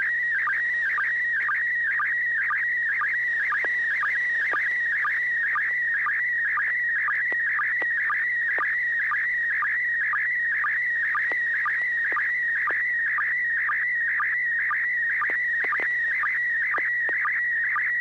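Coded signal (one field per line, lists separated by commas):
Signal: SSTV (slow-scan television)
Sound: warbling tone around 2 kHz with rhythmic short low chirps, steady throughout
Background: low hum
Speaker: right after this i'll be asking you to send a photo and as usual if you could let us know what mode you're going to transmit in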